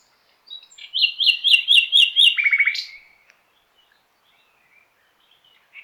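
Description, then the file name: Common nightingale singing one phrase of about six repeated whistled notes, followed by a quick low stuttering rattle, then silence. "Luscinia megarhynchos"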